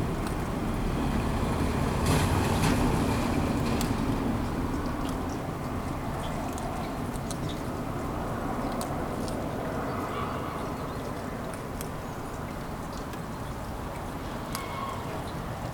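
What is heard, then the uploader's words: Light rain falls on city streets in Kuldiga, Latvia, a steady dense patter with a low rumbling wash underneath. Scattered brighter drips and ticks land irregularly throughout, with a louder cluster around two to four seconds before the sound settles slightly quieter. Light morning rain in the city of Kuldiga, Latvia. Raindrops falling on the city streets.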